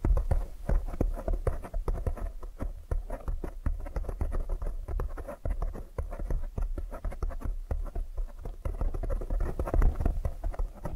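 Tapping fills the whole eleven seconds with quick, dense, uneven strikes, like fingertips pattering on a hard surface. The taps are mostly low and dull with some brighter clicks, and the pace stays busy throughout, with a brief lighter stretch around the middle.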